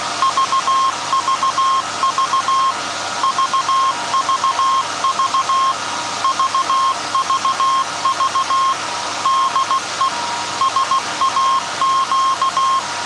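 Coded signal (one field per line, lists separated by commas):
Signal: Morse code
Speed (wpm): 16 wpm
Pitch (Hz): 1070 Hz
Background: none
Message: VVV VVV VVV DE SAQ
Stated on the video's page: Live transmission of a message from SAQ Grimeton by the 1924 Alexanderson alternator, after startup and tuning, on Alexanderson Day.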